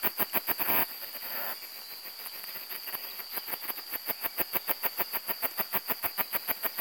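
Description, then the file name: Macedonian cicada song of steady rasping pulses in a rapid train, interrupted early by a short burst of rushing noise before the pulse train continues. "macedonica"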